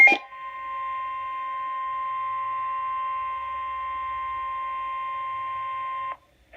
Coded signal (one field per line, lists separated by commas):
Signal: Emergency Alert System (SAME) tones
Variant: 1050 Hz attention tone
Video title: Severe Thunderstorm Warning, EAS Alert